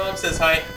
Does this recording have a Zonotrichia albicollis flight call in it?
no